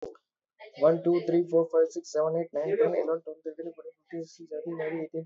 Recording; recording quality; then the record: counting at a normal pace; excellent, no background noise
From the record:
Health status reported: recovered from COVID-19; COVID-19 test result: negative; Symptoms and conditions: none ticked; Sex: male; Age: 28 years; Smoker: not ticked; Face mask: worn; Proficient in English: yes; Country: India